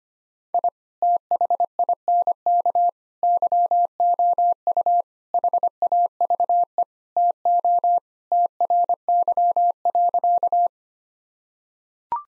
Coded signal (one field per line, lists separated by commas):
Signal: Morse code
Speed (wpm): 25 wpm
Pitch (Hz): 700 Hz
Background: none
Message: I THINK YOU HAVE TO TRY.